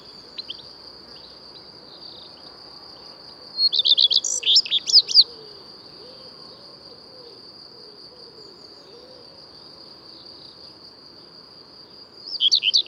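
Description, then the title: Common redstart song: a short phrase of quick, sweet repeated notes ending in a scratchy flourish, then the start of another phrase near the end, over a steady high whine. Returns in April; sings from a conspicuous, fairly high perch on a tree or roof; breeds in forest. "Rougequeue à front blanc"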